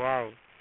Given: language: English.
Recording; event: throat vibration sensor signal played as sound; speech